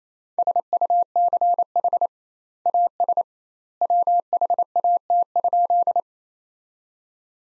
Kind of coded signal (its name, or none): Morse code